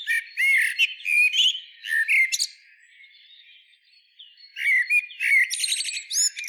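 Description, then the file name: Common blackbird warbling low whistled notes and high squeaks in a lively opening, then near silence for about two seconds, then another energetic twittering phrase. "Turdus merula"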